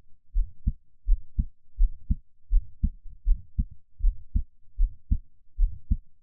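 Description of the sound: Steady, deep paired lub-dub heartbeats of an adult's own heart at about 80 beats a minute, heard close up in ASMR style, with no talking.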